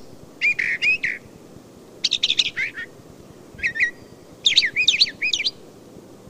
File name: Brown Thrasher